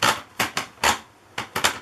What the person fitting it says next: as I twist it I hear it clicking and it's kind of locking in place